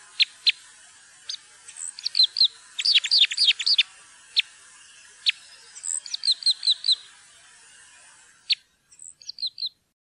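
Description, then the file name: Parrot crossbill chips: loud, clipped call notes, sometimes single, sometimes in tumbling runs of several, with thin higher ticks scattered among them over a faint hiss. "furukorsnebb"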